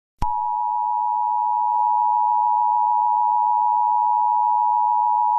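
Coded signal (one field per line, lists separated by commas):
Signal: Emergency Alert System (SAME) tones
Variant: 853 and 960 Hz attention tone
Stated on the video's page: Fictional EAS scenario set in 2050, a weather and natural-disaster movie.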